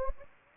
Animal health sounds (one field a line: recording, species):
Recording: mosquito wingbeat signal from an infrared sensor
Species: Anopheles gambiae